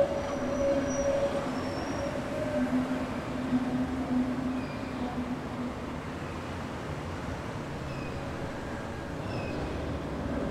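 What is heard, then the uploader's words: A train rumbles past with steady, dense low rolling noise that holds for the whole stretch, easing slightly after the fourth second. Thin, sustained squealing tones from the wheels run along the rails, brightest early on, with faint higher whines coming and going. Trains, Trams And Automobiles. Recorded around 8:30AM near the Rijswijkseplein, The Hague. At this place you can hear a never ending stream of traffic sounds.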